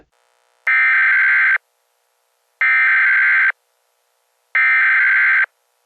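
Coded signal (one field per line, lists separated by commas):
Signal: Emergency Alert System (SAME) tones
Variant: header bursts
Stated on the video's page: Mock EAS.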